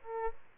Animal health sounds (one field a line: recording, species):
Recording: mosquito wingbeat signal from an infrared sensor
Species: Aedes albopictus